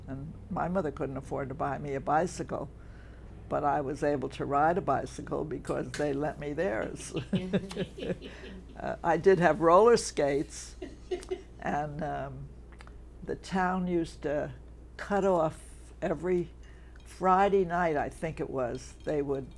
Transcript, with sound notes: And my mother couldn't afford to buy me a bicycle. But I was able to ride a bicycle because the lent me theirs. [laughter] I did have roller skates. And the town used to cut off — every Friday night, I think it was — they would